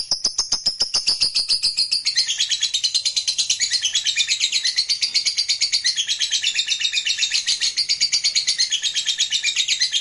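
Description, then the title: Lovebird song opening with clipped ticking notes, then building into a continuous, high, scratchy chatter of rapid pulses. Lovebird reluctant to sing, prompted into spontaneous spirited song. "LOVEBIRD Malas Bunyi JADI GREGET SPONTAN Langsung NARIK"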